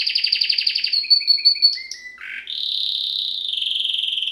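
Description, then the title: Domestic canary singing rapid buzzy trills, then a series of short clear whistled notes and a downward slur, ending in a long steady rolling trill. Male Belgian canary singing a lot; canary training to warm up a young bird within 30 minutes. "Canary Training Esquente Seu Filhote E Canario Belga Em 30 Minutos Macho Cantando Muito"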